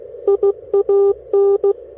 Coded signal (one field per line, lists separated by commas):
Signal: Morse code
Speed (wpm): 18 wpm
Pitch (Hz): 400 Hz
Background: none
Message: IAN